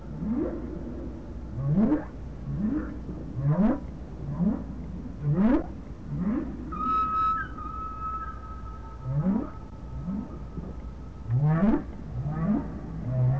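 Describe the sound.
Whale sounds: short low upswept pulses repeated roughly every second, with a long thin steady whistle running through the middle of the sequence.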